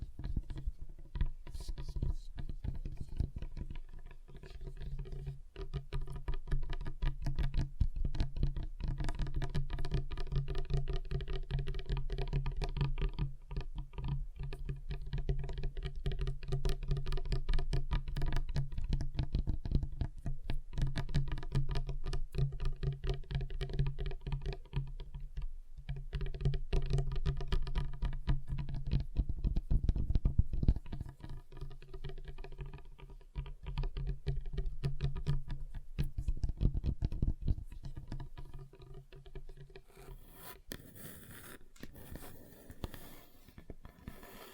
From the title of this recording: Table Tapping Different Surfaces